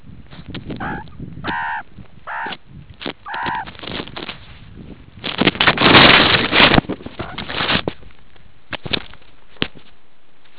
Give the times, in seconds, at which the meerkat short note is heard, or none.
none